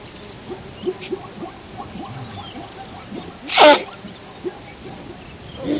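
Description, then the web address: Thomson's gazelle giving a single strong, rasping snort, with another faint puff at the very end. "earth naturelibrary assets t th thomsons gazelle"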